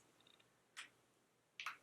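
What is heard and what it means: A small, stackable plastic eyeshadow pod is closed by twisting its lid on. A faint tick near 0.3 s and a soft rustle around 0.8 s are heard. A sharp click at 1.6 s shows the lid seated shut.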